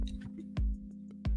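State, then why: Seated. A loose plastic brick subassembly is pressed back into place on a plastic brick flower model, with music playing in the background. Two sharp snaps stand out at 0.6 s and 1.3 s, and the pieces are seated back together.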